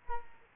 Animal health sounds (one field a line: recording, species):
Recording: mosquito wingbeat signal from an infrared sensor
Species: Culex quinquefasciatus